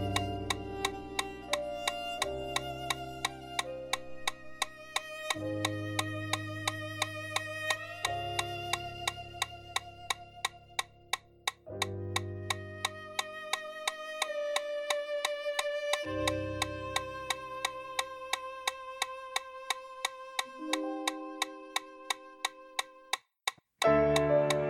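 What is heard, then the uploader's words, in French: A metronome ticks steadily at about 175 beats per minute, sharp, evenly spaced clicks running the whole way through. Beneath it, sustained chords with deep bass notes shift every two to three seconds. Near the end the sound briefly cuts out, then resumes. L’entrainement consiste à courir 1h15 en endurance à 175 pas par minute en suivant le métronome.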